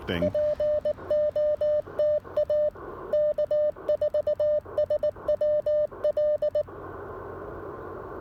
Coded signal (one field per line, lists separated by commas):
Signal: Morse code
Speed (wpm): 19 wpm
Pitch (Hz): 600 Hz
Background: speech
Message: POTA K4SWL